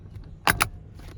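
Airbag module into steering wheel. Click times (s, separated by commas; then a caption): 0.5 s, 0.6 s. An airbag module is pushed into the steering wheel of a 1999–2007 Chevy Silverado/GMC truck or SUV during a turn signal switch replacement. Two sharp, loud clicks sound at 0.5 s and 0.6 s over a low background hum, and the module seats in the wheel.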